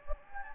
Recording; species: mosquito wingbeat signal from an infrared sensor; Anopheles gambiae